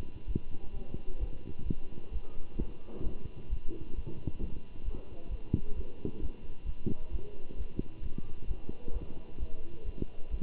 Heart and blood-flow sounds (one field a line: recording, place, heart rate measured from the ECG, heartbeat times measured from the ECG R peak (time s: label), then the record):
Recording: heart sounds by stethoscope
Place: between the tricuspid and mitral areas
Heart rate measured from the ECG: 132 bpm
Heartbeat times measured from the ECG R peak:
0.26 s: heartbeat
0.73 s: heartbeat
1.19 s: heartbeat
1.65 s: heartbeat
2.12 s: heartbeat
2.58 s: heartbeat
3.03 s: heartbeat
3.49 s: heartbeat
3.94 s: heartbeat
4.40 s: heartbeat
4.84 s: heartbeat
5.30 s: heartbeat
5.75 s: heartbeat
6.21 s: heartbeat
6.65 s: heartbeat
7.11 s: heartbeat
7.56 s: heartbeat
8.02 s: heartbeat
8.47 s: heartbeat
8.93 s: heartbeat
9.39 s: heartbeat
9.85 s: heartbeat
10.30 s: heartbeat
From the record:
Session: Bruce protocol treadmill stress test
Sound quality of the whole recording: good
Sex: male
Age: 23 years